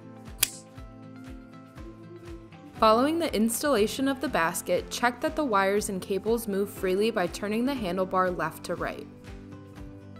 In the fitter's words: basket should click into place following